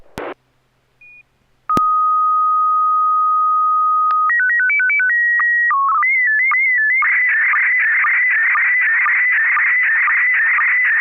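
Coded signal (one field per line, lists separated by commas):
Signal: SSTV (slow-scan television)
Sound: long steady tone, quick warbling calibration header, then continuous chirpy warbling with regular clicks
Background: brief noise at start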